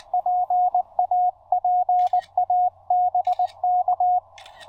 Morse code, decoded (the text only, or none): PA PA BK